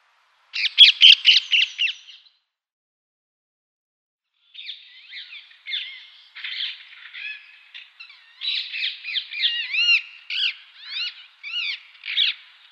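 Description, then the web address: Rose-ringed parakeet giving harsh, screechy squawks in a rapid burst, then a pause, then a longer run of many grating and chattering notes. "Schulze Peter Rose-ringed Parakeet"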